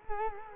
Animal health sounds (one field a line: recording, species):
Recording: mosquito wingbeat signal from an infrared sensor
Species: Culex quinquefasciatus